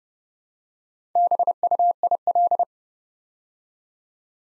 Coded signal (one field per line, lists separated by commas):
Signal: Morse code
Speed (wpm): 30 wpm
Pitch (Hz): 700 Hz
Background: none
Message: BUIL